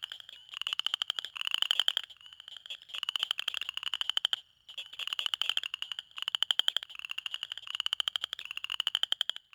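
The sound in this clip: Southern chorus frog giving rasping, pulsed trills in quick succession, nearly continuous, with a brief pause midway.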